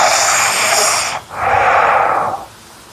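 Two long, loud, hissing breaths with no snoring rattle: heavy breathing through the nose during sleep, Darth Vader-like.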